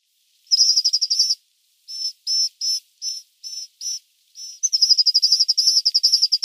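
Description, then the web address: Sinai rosefinch calls: high, thin tonal notes given singly and in quick trilled runs, with pauses between bursts. "Schulze Peter Sinai Rosefinch calls"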